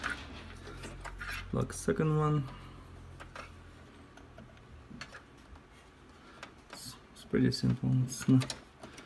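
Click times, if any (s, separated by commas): none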